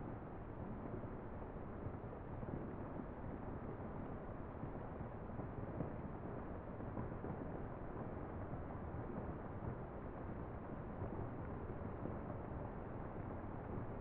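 A dense, steady hiss like rain mixed with white noise, rumbling and full in the low end and fading out above the mid-highs. It holds an even level for the whole stretch, with no distinct drops or melody standing out.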